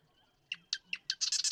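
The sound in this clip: Marsh Wren song: a few sharp clicking introductory notes, then the start of a rapid, buzzy rattling trill that is cut off.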